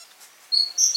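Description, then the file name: Great tit call notes, a short high whistle followed by two sharper, brighter notes in quick succession over a quiet background. "Parus major"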